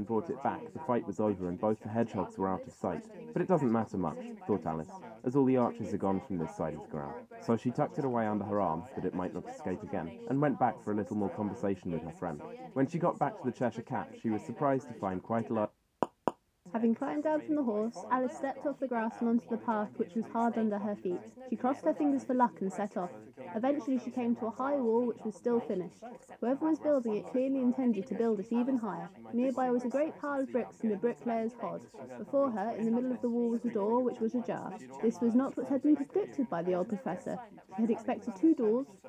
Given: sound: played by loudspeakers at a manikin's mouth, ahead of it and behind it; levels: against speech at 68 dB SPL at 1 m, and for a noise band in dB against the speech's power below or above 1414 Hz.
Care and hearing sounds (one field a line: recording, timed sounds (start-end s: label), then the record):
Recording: test signals for a remote microphone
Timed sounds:
0.00-15.65 s: man speaking, babble ahead at +6 dB SNR for speech at 1 m
16.03 s: click
16.28 s: click
16.65-39.09 s: woman speaking, babble ahead at +6 dB SNR for speech at 1 m
From the record:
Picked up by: measurement microphone